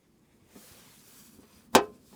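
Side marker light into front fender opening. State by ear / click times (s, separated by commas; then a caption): seated / 1.8 s. A clear JDM side marker light for a Prelude is pressed into its opening in the front fender. After quiet shuffling and faint handling noise, it snaps in with a loud, short click at 1.8 s. The light is seated.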